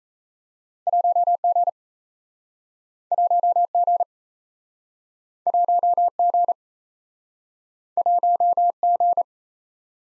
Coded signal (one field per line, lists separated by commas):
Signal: Morse code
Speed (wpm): 38 wpm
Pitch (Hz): 700 Hz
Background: none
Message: 1G 1G 1G 1G